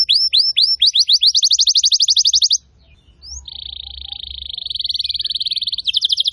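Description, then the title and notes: Atlantic canary song: falling whistled notes run into a fast trill, a short pause, then a long steady buzzy trill and a coarser rattle at the end. Wild canary song, long and prolific, used to train caged canaries to sing. "Pikat Kenari GACOR PANJANG INI Cocok Untuk Masteran KENARI LIAR. Masteran burung kenari gacor parah"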